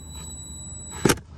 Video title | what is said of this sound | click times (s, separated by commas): How to remove your door panel and/or change your exterior mirror on a 2021 Chevy 1500 pickup. | There you go, one little click is all you need. | 1.2 s